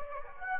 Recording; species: mosquito wingbeat signal from an infrared sensor; Aedes aegypti